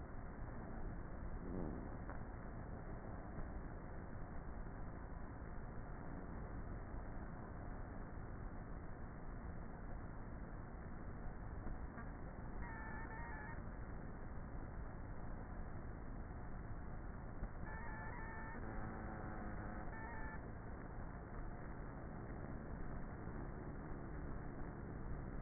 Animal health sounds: honeybee colony, microphone inside the hive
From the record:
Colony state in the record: queenless with a low population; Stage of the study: before two queens were removed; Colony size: about 30,000 bees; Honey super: no

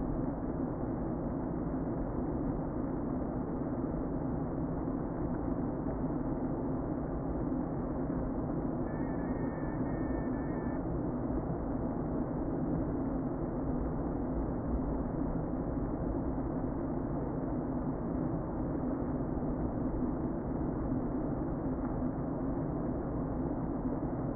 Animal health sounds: honeybee colony, microphone inside the hive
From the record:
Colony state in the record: queen present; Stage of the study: before two queens were removed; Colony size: about 60,000 bees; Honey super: yes

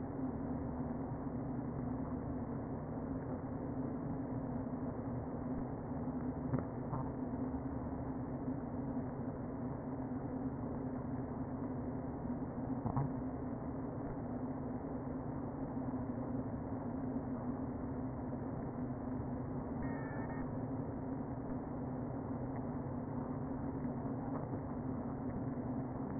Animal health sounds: honeybee colony, microphone inside the hive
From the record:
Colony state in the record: queen present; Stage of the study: before two queens were removed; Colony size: about 60,000 bees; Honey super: yes

